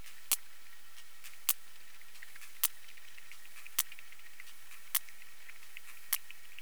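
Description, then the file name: Sperm whale clicks repeated roughly every 1.15 seconds, six loud sharp pulses in a steady slow train, with faint scattered ticks and hiss between. "P macrocephalus clicks"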